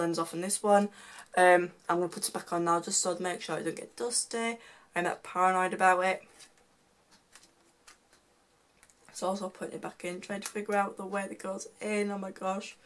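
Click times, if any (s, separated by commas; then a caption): none. Someone talks while handling a Sony A5100 lens, lining it up on the camera body mount and trying to find its orientation before it is twisted home, putting it back on to keep dust out. Between the speech, only faint ticks are heard around 7.4 to 8.9 s. Nothing has seated or clicked yet.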